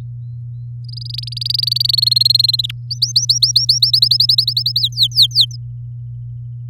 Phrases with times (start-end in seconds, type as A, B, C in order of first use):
0.85-1.91 A, 1.93-2.66 B, 2.69-2.71 C, 2.90-3.91 D, 3.93-4.80 E, 4.80-5.56 F